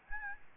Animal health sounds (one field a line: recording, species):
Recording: mosquito wingbeat signal from an infrared sensor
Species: Aedes albopictus